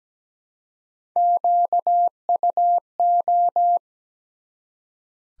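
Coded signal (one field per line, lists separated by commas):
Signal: Morse code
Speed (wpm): 17 wpm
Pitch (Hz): 700 Hz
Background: none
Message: QUO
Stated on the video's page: Morse practice at 17 wpm building 5-letter words one letter at a time.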